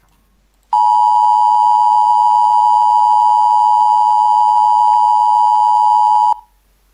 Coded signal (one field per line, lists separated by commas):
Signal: Emergency Alert System (SAME) tones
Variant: 853 and 960 Hz attention tone